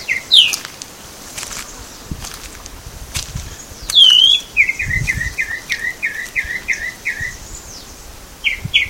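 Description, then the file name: Tropical mockingbird song: sharp high slurred notes, then a long rapid series of identical chirps, followed by a brief paired phrase; faint rustling behind. Mimus gilvus recorded at Baby Beach, Aruba, on 21 November 2013. "Mimus-gilvus-Baby Beach-Aruba-21-11-13-ASilveira"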